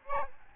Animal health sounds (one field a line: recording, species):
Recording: mosquito wingbeat signal from an infrared sensor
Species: Aedes albopictus